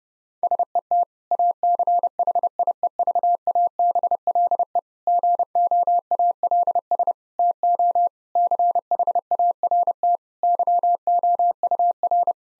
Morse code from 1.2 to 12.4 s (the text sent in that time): ACHIEVABLE GOALS TO CHART YOUR